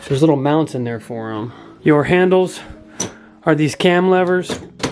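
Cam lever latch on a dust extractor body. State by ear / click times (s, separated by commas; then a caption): not seated / none. Someone talks while handling the cam lever latches on a dust extractor body, which serve as its handles. A brief sharp sound comes at about 4.8 s as the clip ends, but nothing has seated or clicked into place yet.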